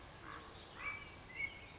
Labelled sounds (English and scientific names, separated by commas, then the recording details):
Common Raven (Corvus corax)
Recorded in Sonoma County, California